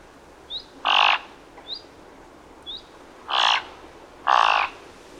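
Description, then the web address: Thick-billed raven calling three hoarse, broad caws at uneven intervals, while soft high rising chirps sound before and between the first two. "Thick billed raven. غراب-نوک-کلفت"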